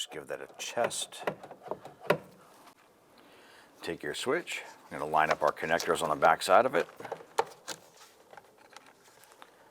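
Someone talks while handling the door switch panel of a 2002-2008 Dodge Ram 1500 during a tow mirror install, lining up the wiring connectors on the back of the switch, with a few short handling taps around 2.1 and 7.4 seconds. Nothing has seated or clicked into place yet.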